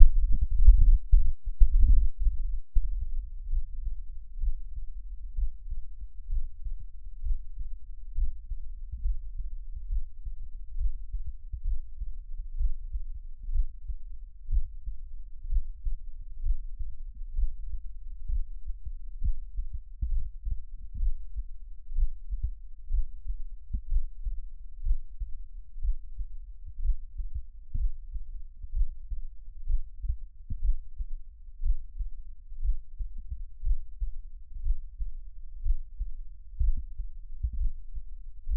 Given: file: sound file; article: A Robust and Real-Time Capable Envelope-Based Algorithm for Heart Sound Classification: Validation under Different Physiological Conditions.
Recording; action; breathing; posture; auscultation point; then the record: heart sounds by electronic stethoscope; rest; normal; lying on stomach; Erb’s point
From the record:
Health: healthy, no known heart disease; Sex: male